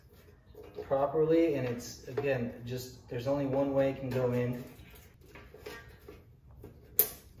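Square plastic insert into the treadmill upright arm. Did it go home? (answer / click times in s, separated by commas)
yes / 7.0 s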